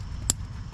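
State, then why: Seated. An electrical wiring connector is pushed onto a fuel injector and its white locking tab pressed down during a fuel injector replacement for a P219A code on a 2010–2017 GM flex-fuel truck with the 4.8L/5.3L V-8. A single sharp snap sounds at 0.3 s over a low background rumble. The connector and lock are seated.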